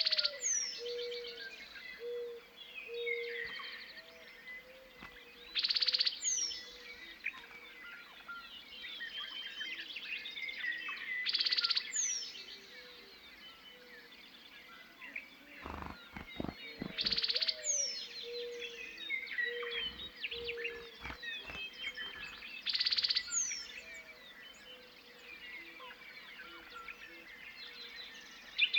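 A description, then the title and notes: Spring birds sing over a quiet prairie dawn, bright calls repeating every few seconds, with a low steady cooing and occasional soft knocks underneath. Dawn on an American Prairie. The warm meadowlark song drifts in the air. Awake and listening to spring birds, a meadowlark, a dove, the northern Montana prairie evokes timeless wonder. Montana, USA.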